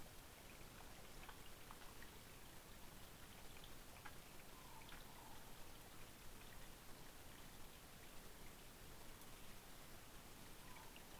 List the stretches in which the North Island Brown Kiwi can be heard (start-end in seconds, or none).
none